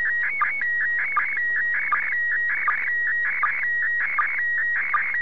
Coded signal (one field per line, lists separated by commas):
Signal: SSTV (slow-scan television)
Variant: PD 180